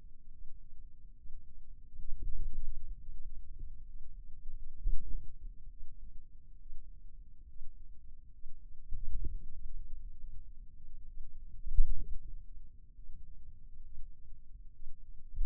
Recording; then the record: forearm muscle sounds (acoustic myography)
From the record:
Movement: wrist extension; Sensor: system 2, bracelet of six BSWA MPA416 microphones around the upper forearm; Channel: 5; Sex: male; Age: 22 years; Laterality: right